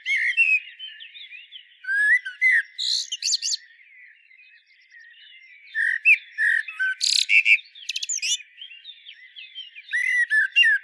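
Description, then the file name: Common blackbird singing several phrases separated by pauses, mixing rich whistles with thin, high, scratchy twittering notes. "Turdus merula"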